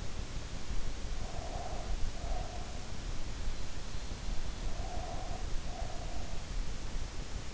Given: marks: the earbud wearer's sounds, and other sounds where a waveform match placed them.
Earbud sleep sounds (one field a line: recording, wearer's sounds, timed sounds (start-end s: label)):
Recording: sounds in sleep by an in-ear microphone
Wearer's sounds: breath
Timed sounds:
0.97-2.87 s: breath
4.69-6.33 s: breath